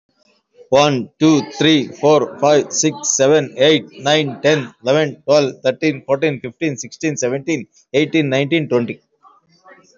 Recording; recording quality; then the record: counting at a normal pace; excellent, no background noise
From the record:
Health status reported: recovered from COVID-19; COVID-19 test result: positive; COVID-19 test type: RT-PCR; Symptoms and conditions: cough, cold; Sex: male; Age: 40 years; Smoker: no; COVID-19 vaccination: both doses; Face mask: worn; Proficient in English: yes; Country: India